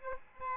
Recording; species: mosquito wingbeat signal from an infrared sensor; Aedes albopictus